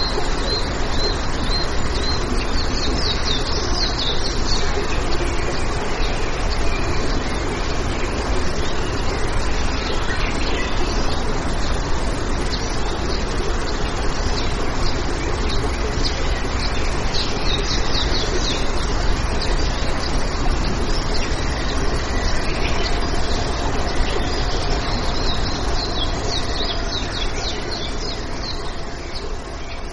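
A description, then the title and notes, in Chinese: Birdsong over flowing water, a steady, dense rush filling the whole half minute without pause. Short bright chirps flicker through the upper range at scattered moments, while a low, even roar of water stays constant underneath. 自然音白噪音催眠-鸟鸣水流。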